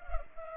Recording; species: mosquito wingbeat signal from an infrared sensor; Culex pipiens